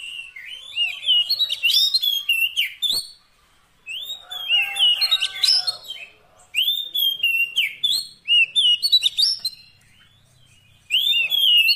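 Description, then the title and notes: Oriental magpie-robin singing a lively run of varied whistled notes and quick chirps, split into several bursts by brief silences. Fill-in (isian) song meant to make the bird sing loudly (gacor) day and night. "Kacer Jadi Gacor Siang Malam. Isian Kacer"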